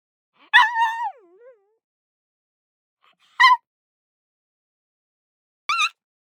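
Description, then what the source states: Pug yelping, a high wavering whine dropping at its end, followed by two short sharp yelps a couple of seconds apart, in silence. High-pitched yelp.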